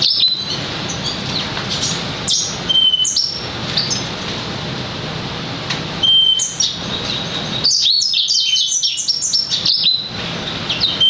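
Lemon-breasted canary song: bursts of high, sweet chirps and short warbled phrases with quick up-and-down notes, separated by brief pauses, over a steady background hiss.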